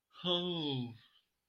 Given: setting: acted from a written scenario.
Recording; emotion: vocal sound without words; shame